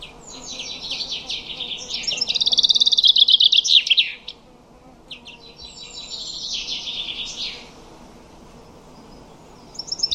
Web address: cianscape birddata Deverinetal 2025 File origin Bird Only Fr Co